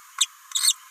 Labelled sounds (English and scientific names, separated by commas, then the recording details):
Green-rumped Parrotlet (Forpus passerinus) babbling
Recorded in a nest box in Venezuela
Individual 18B17A3